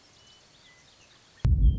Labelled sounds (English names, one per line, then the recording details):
Western Meadowlark
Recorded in Sonoma County, California